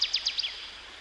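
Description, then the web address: Northern waterthrush song fragment: five quick, high, downslurred chips in half a second, then fading, over faint steady background hiss. Singing by a stream. "Dan Gibson Songbirds By The Stream. Northern Waterthrush"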